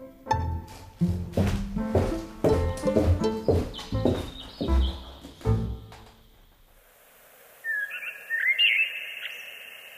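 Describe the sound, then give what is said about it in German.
After several seconds of loud, chord-like sounds fade out, blackbirds sing clear, fluting whistled phrases in a mid-to-high pitch on a spring evening in April, warbling on their own for the last couple of seconds. “Im grünlichen Licht eines Aprilabends flöteten Amseln das alte Triumphlied des Lebens.”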